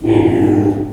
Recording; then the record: squeal of a Yucatan mini pig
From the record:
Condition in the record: before surgery on the right vocal fold (resection and tissue-engineered implant); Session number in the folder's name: 1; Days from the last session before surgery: -21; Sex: female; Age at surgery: 19 weeks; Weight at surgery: 25 kg